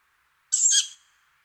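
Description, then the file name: Tawny owl giving a single harsh, hissing screech of about half a second, broad and rasping, over a faint steady hum. "hulotte"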